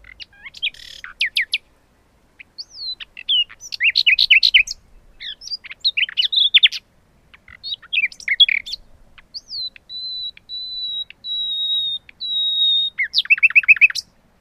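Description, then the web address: Common nightingale singing varied chattering phrases and trills, then a run of long, even whistled notes on one pitch before a closing fast flourish. "agykontroll Madardalok Cd 2. Fülemüle"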